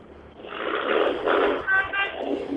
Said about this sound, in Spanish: Disculpa, porque acá hay justo pasan dos motos.